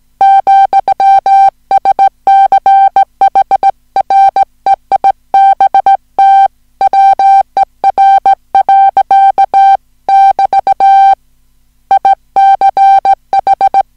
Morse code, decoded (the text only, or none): , SCHREIBT WER. <BT> ICH